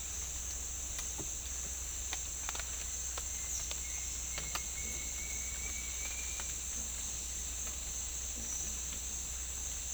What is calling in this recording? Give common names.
Bright-rumped Attila